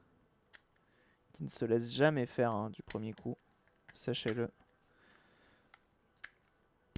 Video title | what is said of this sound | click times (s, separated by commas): Nettoyage complet manette PS3 | par exemple pourquoi ça veut pas se clipser sur le côté on ne sait pas ok | none